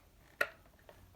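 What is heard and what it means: A folded Segway Ninebot ES2 electric scooter is lifted and its handlebar stem is raised until the fold latch engages, giving a sharp click at 0.4 s followed by a weaker tap near 0.9 s. The latch seats with a faint click where there used to be none, not great but acceptable.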